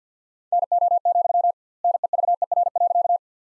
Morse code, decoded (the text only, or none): NO, NEVER.